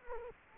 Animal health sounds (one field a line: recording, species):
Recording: mosquito wingbeat signal from an infrared sensor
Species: Culex quinquefasciatus